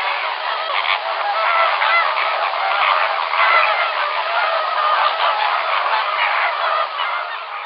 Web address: Schulze Peter Greater Flamingo